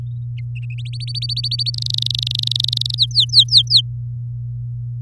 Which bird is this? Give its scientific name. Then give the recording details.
Serinus canaria. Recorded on 4 May 2018 at 08:27. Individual llb16